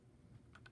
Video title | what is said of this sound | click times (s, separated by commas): Studio series 34 leader class Megatron review | put this forward two clicks there you go | 0.6 s, 0.7 s